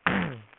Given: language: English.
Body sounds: throat vibration sensor signal played as sound; throat clearing

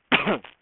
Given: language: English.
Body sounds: throat vibration sensor signal played as sound; cough

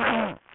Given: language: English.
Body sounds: throat vibration sensor signal played as sound; throat clearing

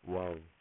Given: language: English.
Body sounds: throat vibration sensor signal played as sound; speech

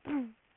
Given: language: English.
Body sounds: throat vibration sensor signal played as sound; throat clearing

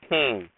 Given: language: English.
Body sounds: throat vibration sensor signal played as sound; speech

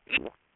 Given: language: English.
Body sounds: throat vibration sensor signal played as sound; swallow

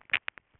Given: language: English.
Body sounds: throat vibration sensor signal played as sound; swallow

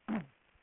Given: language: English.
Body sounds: throat vibration sensor signal played as sound; throat clearing

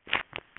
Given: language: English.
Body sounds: throat vibration sensor signal played as sound; swallow

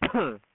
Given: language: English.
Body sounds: throat vibration sensor signal played as sound; cough

